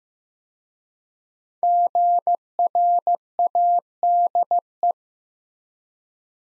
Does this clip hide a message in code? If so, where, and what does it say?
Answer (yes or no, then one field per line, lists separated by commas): yes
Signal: Morse code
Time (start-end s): 1.6-4.9 s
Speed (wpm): 15 wpm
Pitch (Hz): 700 Hz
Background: none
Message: GRADE